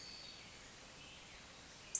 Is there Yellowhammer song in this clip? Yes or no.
no